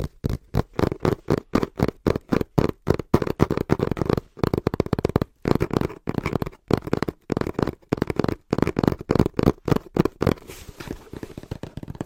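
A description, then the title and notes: Fast, rhythmic tapping on a cardboard box, each burst a dense run of quick hollow knocks separated by short silent gaps. The bursts come steadily, roughly two per second, with a dull low-middle body and some brighter papery ticks on top. ASMR Tapping (Fast & Rhythmic) On Cardboard Box (No Talking).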